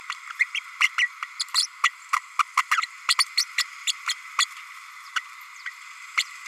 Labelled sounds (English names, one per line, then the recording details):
Green-rumped Parrotlet babbling
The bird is a female
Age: 32 days
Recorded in a nest box in Venezuela
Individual 17B32A5